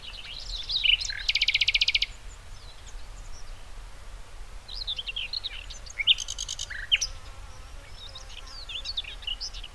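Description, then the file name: Common nightingale song: loud rapid buzzy rattles twice, between varied chirped and whistled phrases, over steady background noise. "Luscinia megarhynchos"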